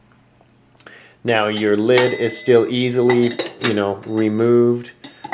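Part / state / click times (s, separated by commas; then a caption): spring wire clip locking a pot's loop handle upright / seated / 0.9 s. A spring wire clip on the outside of the upright loop handle of a metal ZEBRA Billy bush pot is pushed by hand and clicks into place at 0.9 s, locking the handle upright. Someone then talks.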